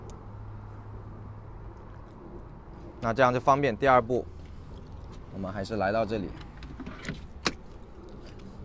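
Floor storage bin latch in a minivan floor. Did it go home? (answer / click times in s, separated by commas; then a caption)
released / 7.5 s. Someone talks while operating the stow-in-floor latch of the floor storage bin, the fold-into-floor seat storage in the floor of a 2017 Chrysler Pacifica Limited minivan. After a few faint ticks, the latch releases with one sharp click at 7.5 s, and it clicks open.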